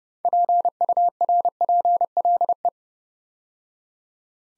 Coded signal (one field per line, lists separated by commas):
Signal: Morse code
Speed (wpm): 29 wpm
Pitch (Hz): 700 Hz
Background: none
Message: PURPLE